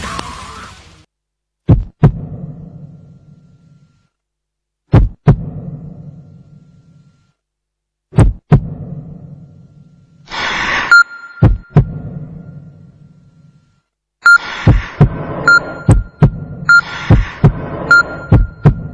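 A loud heartbeat sound effect: deep, booming double thumps spaced a few seconds apart, each trailing a low rumble, with buzzing electronic tones joining the faster beats near the end.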